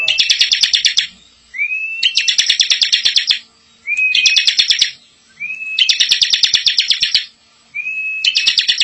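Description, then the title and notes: Bar-winged prinia song: dense, rapid rattling trills in repeated bursts, each introduced by a thin rising whistle, with short pauses between them. Bar-winged prinia singing in the 'ngebren' style, used as a tutor recording for training white-rumped shamas. "Ciblek Ngebren Untuk Masteran Murai Batu. Suara burung ciblek"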